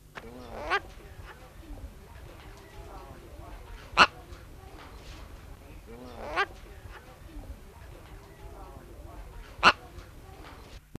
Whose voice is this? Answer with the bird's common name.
Red-vented Cockatoo